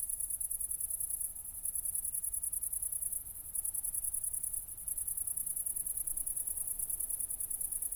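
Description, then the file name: High pulsed cricket trills repeat in long runs broken by brief pauses, including one around three to four seconds, with a quiet low rumble underneath. Recorded at Nordring, Kirchmöser, Brandenburg, Germany, on 4 August 2014 at night, around 00:53. "City Country Me Brandenburg Kirchmoeser Nordring Grillen 201408040053"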